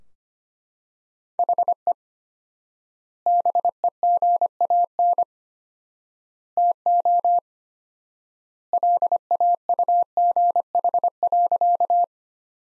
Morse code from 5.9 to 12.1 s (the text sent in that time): TO LAUGH.